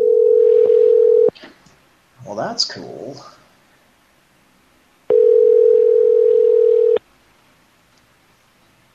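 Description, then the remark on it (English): A telephone ringback tone on a call to a Hardee's restaurant: two long, steady, mid-pitched buzzing rings separated by a pause, with a brief remark spoken in the gap between them. “Can you hear it ringing?”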